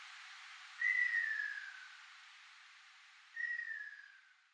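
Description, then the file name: Ruddy kingfisher calling twice, about two and a half seconds apart, each a falling whistled note that fades away, over faint background hiss. Recorded in Yambaru, Okinawa, on 19 April 2012. "rakashobin yambaru moriya"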